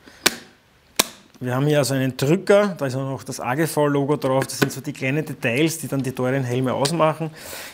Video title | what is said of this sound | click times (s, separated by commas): AGV Sportmodular Test - Pista GP R als Klapphelm? Was kann der Modulhelm aus Carbon? | was man auch sehr gefällt dass dieses visier auch sehr satt einrastet | 0.3 s, 1.0 s